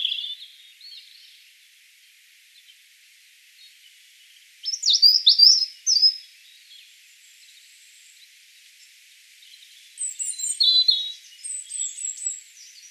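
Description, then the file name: European robin song in separate bursts: a brief opening note, then a cascade of sharp, high tinkling notes, a pause, and a final softer twittering phrase. "Erithacus rubecula"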